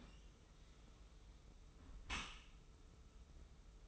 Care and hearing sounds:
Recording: daily activity, microphone in the room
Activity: close dishwasher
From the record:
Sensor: 1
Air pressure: 991.4 hPa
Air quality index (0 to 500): 123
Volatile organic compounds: 248 ppm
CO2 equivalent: 4356 ppm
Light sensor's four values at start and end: 41/127/50/52 and 41/127/50/52

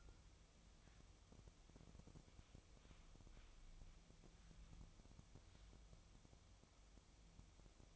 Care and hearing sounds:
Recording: daily activity, microphone in the room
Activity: wipe stove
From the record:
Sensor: 1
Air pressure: 1004.8 hPa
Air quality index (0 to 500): 74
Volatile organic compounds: 2 ppm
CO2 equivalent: 992 ppm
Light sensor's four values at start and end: 9/23/9/10 and 9/23/9/10

